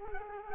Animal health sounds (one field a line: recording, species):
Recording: mosquito wingbeat signal from an infrared sensor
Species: Culex quinquefasciatus